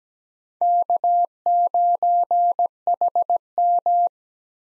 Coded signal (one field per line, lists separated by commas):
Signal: Morse code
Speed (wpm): 17 wpm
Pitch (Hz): 700 Hz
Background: none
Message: K9HM